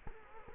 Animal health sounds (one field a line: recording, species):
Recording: mosquito wingbeat signal from an infrared sensor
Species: Culex quinquefasciatus